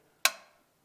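A plastic downtube on a Fluidmaster Easy Fit Ultra toilet syphon, with its slip ring fitted, is pushed down through the seal onto the cistern nut below and turned anticlockwise under light pressure. At 0.3 s a single sharp plastic click rings out and decays over about a third of a second, followed by a faint low thump near 0.9 s. The threads have dropped into engagement, and the thread start indicator confirms the tube is seated and ready to be wound in by hand.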